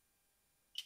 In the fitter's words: swing it down it locks into place